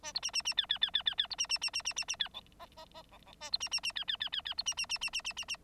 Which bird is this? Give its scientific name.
Lonchura striata domestica